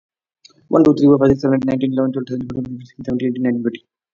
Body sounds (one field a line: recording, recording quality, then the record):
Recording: counting at a fast pace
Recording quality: excellent, no background noise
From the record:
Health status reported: COVID-19 positive, mild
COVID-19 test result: positive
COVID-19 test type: RT-PCR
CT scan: not taken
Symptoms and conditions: cough, cold, fever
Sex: male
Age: 25 years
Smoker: yes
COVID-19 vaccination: both doses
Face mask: not worn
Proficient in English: yes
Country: India